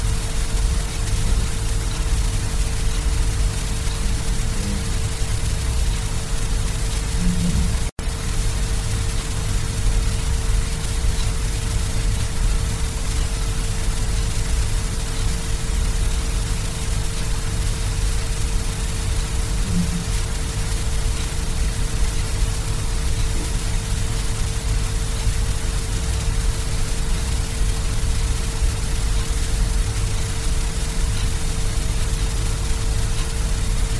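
Pink noise runs steadily throughout, a dense, even hiss weighted toward the low end with a softer top. A faint constant tone hums underneath, and the sound cuts out for an instant just before the eight-second mark before resuming unchanged.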